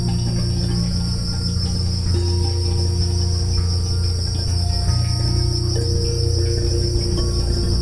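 Crickets trilling in a continuous high, even chorus, with deep drawn-out tones changing beneath them.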